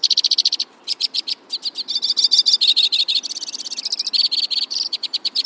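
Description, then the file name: White-winged crossbill song: a series of rapid trills broken by short gaps, each section at a different pitch, lively and varied throughout. "suara-kicauan-burung-white-winged-crossbill -omkicau"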